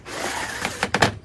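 An interior sliding door in a 2023 Freedom Traveler A30 motorhome is slid shut with a steady sliding rumble, followed by a few quick knocks as it reaches its frame. It latches into place with a sharp click at 1.0 s, locking shut.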